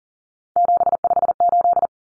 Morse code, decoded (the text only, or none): 758